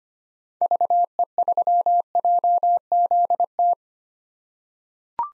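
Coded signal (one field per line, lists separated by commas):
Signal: Morse code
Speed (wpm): 25 wpm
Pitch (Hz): 700 Hz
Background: none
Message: VE3JZT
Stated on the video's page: Morse code head-copy drill of common POTA activator callsigns at 25 wpm, each sent, then spoken, then sent again.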